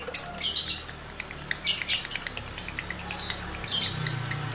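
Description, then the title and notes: Lovebird song in short bursts of harsh high chatter and squeaky notes. Male lovebird in breeding condition, singing; used to stimulate other lovebirds into singing. "Birahi Lovebird Jantan ke Gacor. Pancingan Suara Lovebird jantan birahi ini sangat manjur untuk burung Lovebird Anda"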